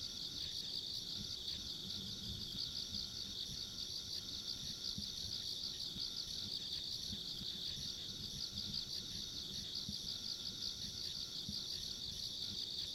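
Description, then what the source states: Dense insect chorus of shrill, steady trills with slight pulsing, over a quiet low rumble of outdoor noise. Insects along a rural country road, ambient sound.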